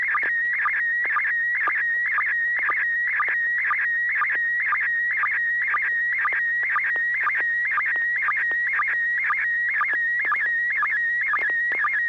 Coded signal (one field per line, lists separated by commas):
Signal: SSTV (slow-scan television)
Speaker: Affirm, you got a tone. AI6DG, KL7H2R,